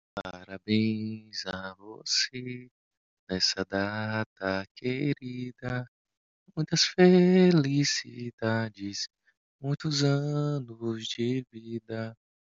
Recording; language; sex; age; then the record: short text; Brazilian Portuguese; male; 20 to 29 years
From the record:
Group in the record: control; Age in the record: 27 years